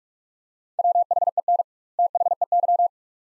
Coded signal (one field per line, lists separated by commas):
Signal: Morse code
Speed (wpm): 47 wpm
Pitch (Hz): 700 Hz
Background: none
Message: WHEN THEY